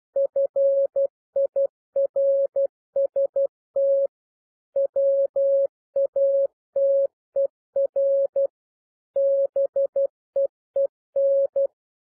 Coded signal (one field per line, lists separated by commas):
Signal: Morse code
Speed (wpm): 12 wpm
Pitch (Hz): 550 Hz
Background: none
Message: FIRST WATER BEEN